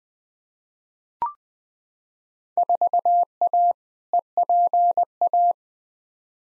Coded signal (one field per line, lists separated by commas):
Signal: Morse code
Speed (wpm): 21 wpm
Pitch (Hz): 700 Hz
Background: none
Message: 4A EPA